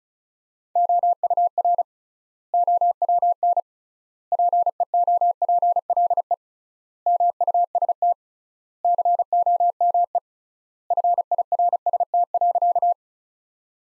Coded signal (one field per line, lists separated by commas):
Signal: Morse code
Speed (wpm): 34 wpm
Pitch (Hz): 700 Hz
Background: none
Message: OUR OWN PEOPLE MUST COME FIRST.